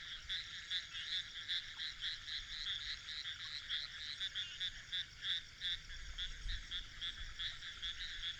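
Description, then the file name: Frogs give fast pulsed croaks in a continuous chorus. "grenouilles"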